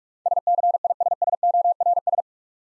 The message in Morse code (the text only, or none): SCISSORS